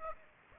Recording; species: mosquito wingbeat signal from an infrared sensor; Aedes aegypti